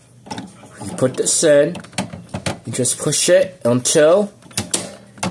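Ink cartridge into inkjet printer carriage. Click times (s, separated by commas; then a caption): 4.6 s, 4.7 s. Someone talks while pushing an ink cartridge into the carriage of an HP DeskJet 2752e inkjet printer. Sharp clicks are heard at 4.6 and 4.7 seconds as the cartridge snaps into place, seated.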